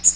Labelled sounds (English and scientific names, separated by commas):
Magnolia Warbler (Setophaga magnolia) flight call